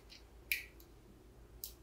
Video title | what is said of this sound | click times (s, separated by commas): Streaming RTSP with WyzeCam v3 to my Shinobi NVR | you go I should hear a little Click put it back on now important | 0.5 s